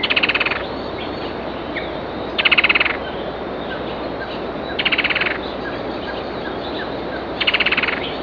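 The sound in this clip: Slaty spinetail calls, brief fast rattling bursts of clicky notes, each about half a second long, repeated roughly every two and a half seconds.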